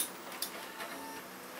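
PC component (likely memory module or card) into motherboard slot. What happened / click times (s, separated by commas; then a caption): A plug-in board snapped into its slot / 0.4 s. A PC part, possibly a memory module or card, is pulled and pushed back into its slot on the motherboard. A single short click sounds at 0.4 s over a faint steady background hiss. The part is now seated, after not being seated properly before.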